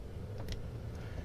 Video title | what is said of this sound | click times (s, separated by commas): Tesla Model Y Frunk Lights Update - Hansshow Color Changing Lights!!! | clicks into place then the other part plugs back into the light and when you do that | 0.5 s